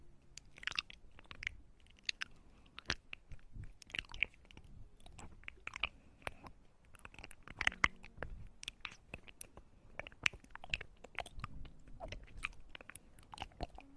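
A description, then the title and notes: Ear eating with hand movements: dense wet clicks, smacks and crunchy crackles arrive in quick irregular bursts throughout, over a soft low rustle. Ear Eating & Hand Movements.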